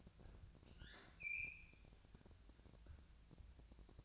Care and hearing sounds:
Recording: daily activity, microphone in the room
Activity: open fridge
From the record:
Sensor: 2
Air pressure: 999.9 hPa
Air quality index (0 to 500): 125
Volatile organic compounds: 2 ppm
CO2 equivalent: 1070 ppm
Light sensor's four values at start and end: 30/74/32/35 and 30/74/31/35

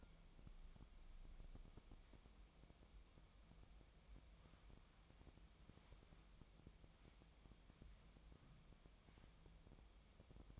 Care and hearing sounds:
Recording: daily activity, microphone in the room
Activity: wipe stove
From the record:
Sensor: 1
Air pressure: 1004.8 hPa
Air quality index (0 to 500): 85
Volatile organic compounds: 2 ppm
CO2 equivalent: 1148 ppm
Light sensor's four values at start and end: 9/23/9/9 and 9/23/9/9

